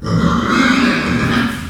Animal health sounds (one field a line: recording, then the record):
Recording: squeal of a Yucatan mini pig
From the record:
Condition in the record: after surgery on the right vocal fold (resection and tissue-engineered implant)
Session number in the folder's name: 12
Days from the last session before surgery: 105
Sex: female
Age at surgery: 19 weeks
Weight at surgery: 25 kg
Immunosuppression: prednisolone